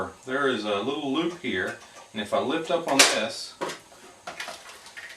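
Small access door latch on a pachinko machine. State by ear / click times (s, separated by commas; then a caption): released / 4.3 s, 4.4 s. Someone talks while lifting up on a small loop on a Sankyo pachinko machine, releasing the latch of its small back access door. The door pops open with short, sharp clicks at 4.3 s and 4.4 s.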